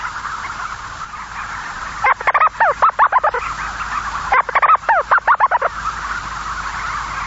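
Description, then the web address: Storm petrel call in two fast chattering bursts of looping notes, separated by a brief gap, with a steady background hiss before and after. "sikioto. umitsubame"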